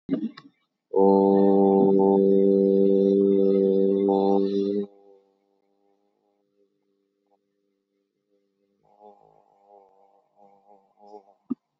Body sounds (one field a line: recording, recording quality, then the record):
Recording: sustained vowel as in boot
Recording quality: excellent, no background noise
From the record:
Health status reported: COVID-19 positive, mild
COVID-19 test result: positive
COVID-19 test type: RT-PCR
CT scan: taken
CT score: 0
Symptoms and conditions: cough, cold, hypertension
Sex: male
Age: 50 years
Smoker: no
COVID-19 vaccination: one dose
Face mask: not worn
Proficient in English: yes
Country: India